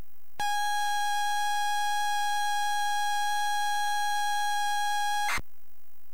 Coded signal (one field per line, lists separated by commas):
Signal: ZX Spectrum tape loading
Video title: ZX Spectrum SpellBound 128k